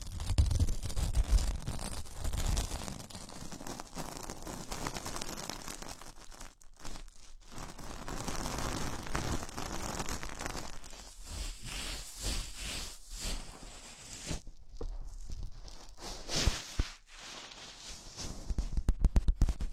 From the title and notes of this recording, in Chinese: 手套 使用6种不同手套为你耳膜按摩。